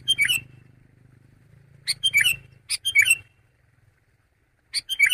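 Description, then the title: Sooty-headed bulbul song: short bubbly chirped phrases at irregular intervals, with a low humming drone early on. "kutilang"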